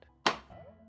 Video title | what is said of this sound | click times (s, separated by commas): How to install portable air conditioner in sliding windows | Press down firmly until you hear a click sound. | 0.3 s